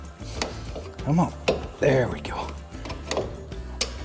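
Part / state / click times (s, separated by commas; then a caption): brake spring on rear drum brake shoe / seated / 3.8 s. A brake spring on the rear drum brake shoe of a 2000–08 Ford Focus is pulled until it snaps into place. Someone talks while faint metallic scraping and small knocks are heard, and then a sharp click comes at 3.8 s. The spring is seated.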